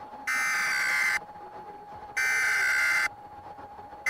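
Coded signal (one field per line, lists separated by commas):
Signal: Emergency Alert System (SAME) tones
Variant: header bursts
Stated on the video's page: Fictional mock EAS scenario created on computer depicting a nuclear implosion.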